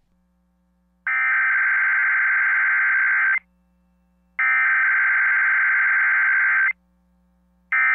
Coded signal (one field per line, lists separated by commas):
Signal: Emergency Alert System (SAME) tones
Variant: header bursts